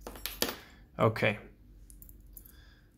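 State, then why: Released. After the third pin is set on a cheap Chinese practice padlock, the picked shackle pops free of the padlock body with sharp metallic clicks at 0.3 s and 0.4 s. Someone then talks, followed by faint light ticks. The lock is open.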